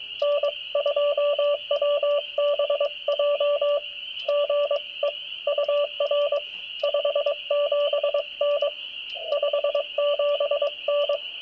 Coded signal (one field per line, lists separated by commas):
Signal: Morse code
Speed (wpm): 22 wpm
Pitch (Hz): 580 Hz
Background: radio noise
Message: N2WBJ GE UR 57N 57N